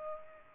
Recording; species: mosquito wingbeat signal from an infrared sensor; Culex pipiens